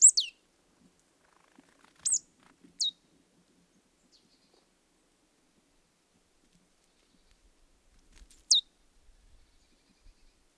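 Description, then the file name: Marsh tit call: four sharp, high, downward-slurred single notes spaced irregularly, mostly with long quiet gaps between them. "Poecile palustris"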